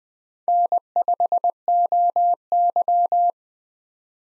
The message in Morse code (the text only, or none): N5OY